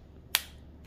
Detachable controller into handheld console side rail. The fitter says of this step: and you're just going to continue gently pushing down until you hear it snap into place